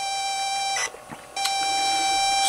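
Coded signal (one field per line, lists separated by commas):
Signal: ZX Spectrum tape loading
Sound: steady buzzy lead tone, brief break with clicks, then the same tone returns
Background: room noise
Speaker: so we're just waiting for assisting there we go the familiar loading sound so far so good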